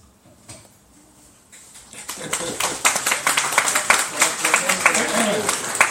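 After a couple of quiet seconds, an audience at a book presentation applauds following a talk; the applause swells into a steady, dense patter of many hands clapping, continuing strongly to the end.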